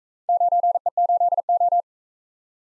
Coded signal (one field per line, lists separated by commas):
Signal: Morse code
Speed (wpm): 44 wpm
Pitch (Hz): 700 Hz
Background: none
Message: 9E8O